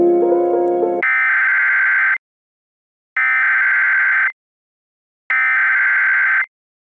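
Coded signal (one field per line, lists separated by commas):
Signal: Emergency Alert System (SAME) tones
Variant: header bursts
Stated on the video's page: Fictional EAS scenario themed on Majora's Mask.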